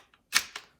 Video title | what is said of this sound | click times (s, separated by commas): Benjamin Marauder .22 | now take it and slide it into the air rifle you hear it click | 0.4 s